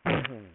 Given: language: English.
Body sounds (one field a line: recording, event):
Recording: throat vibration sensor signal played as sound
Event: throat clearing